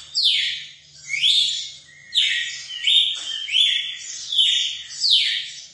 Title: Canto Galo Campina Fêmea. ESQUENTAR SEU GALO CAMPINA